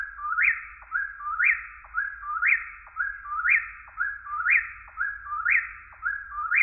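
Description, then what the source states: Eastern whip-poor-will calling with regular rhythm, about seven whistled phrases at one-second intervals, each with a clipped dip and a loud upswept ending, over faint low background hum. Recorded in deciduous forest.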